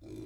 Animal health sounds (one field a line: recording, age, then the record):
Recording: pig call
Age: weaner (32 to 43 days)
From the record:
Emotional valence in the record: positive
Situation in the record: positive conditioning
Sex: female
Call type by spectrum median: low-frequency call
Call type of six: low-frequency stable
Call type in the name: low-frequency stable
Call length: 0.26 s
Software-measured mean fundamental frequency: 53 Hz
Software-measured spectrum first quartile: 187 Hz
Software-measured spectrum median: 320 Hz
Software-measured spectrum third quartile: 500 Hz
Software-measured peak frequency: 328 Hz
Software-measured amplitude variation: 129 dB a second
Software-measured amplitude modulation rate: 21.1 a second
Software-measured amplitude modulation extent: 6.1 dB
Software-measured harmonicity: 2.3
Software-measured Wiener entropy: 0.17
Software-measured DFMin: 1092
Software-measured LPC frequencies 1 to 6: 344, 2372, 3546, 4090, 4964, 5729 Hz